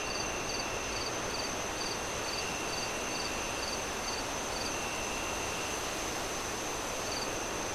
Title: Relaxing Crickets Sounds On A Windy Night